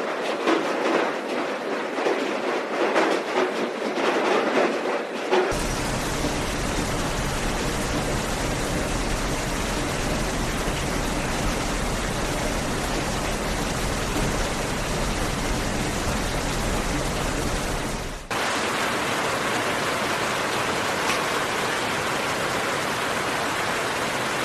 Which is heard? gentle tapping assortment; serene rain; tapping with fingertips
serene rain